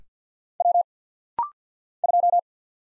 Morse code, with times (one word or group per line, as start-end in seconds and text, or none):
0.6-0.8 W
2.0-2.4 2